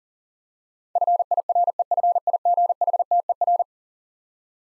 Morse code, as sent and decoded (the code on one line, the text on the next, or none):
..-. .. .-. . ..-. .. --. .... - . .-.
FIREFIGHTER